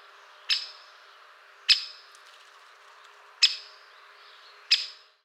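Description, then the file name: Great spotted woodpecker giving four sharp, single 'kick' notes, each clipped and bright, spaced about one to two seconds apart, with faint background hiss. "Pico Picapinos"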